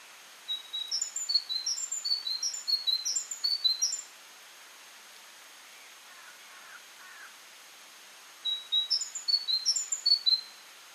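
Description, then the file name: Great tit song: a thin, high two-note phrase alternating high and lower notes, repeated rapidly for about three and a half seconds, a pause with faint soft notes, then another burst. "Parus major"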